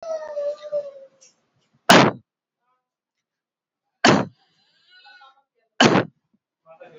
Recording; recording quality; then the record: heavy voluntary cough; excellent, no background noise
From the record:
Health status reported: healthy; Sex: male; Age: 20 years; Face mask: not worn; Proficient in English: yes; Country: India